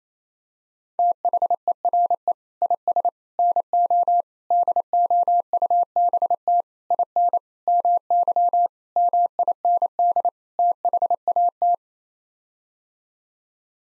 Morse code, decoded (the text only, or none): THERE IS NO DOUBT IN MY MIND THAT